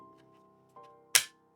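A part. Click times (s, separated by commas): 1.2 s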